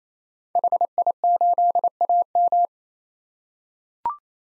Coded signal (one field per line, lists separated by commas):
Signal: Morse code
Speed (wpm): 28 wpm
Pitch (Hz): 700 Hz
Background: none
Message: HI8AM